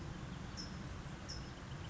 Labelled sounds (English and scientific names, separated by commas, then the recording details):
California Towhee (Melozone crissalis)
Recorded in Sonoma County, California